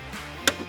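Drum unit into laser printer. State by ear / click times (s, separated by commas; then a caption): seated / 0.5 s. A new imaging drum unit for a Xerox VersaLink B600, B605, B610 or B615 laser printer slides into the printer, gravity carries it most of the way in, and it gets a push for the final click. Over a low steady hum, a sharp, short click lands at 0.5 s, followed by a few faint softer knocks. The drum unit is seated.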